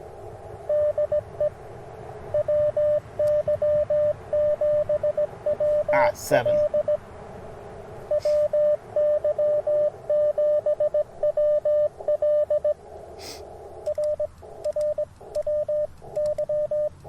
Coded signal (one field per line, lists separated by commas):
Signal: Morse code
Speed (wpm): 18 wpm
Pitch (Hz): 600 Hz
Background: speech, radio noise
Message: DE WY7WL WY7WL RR WY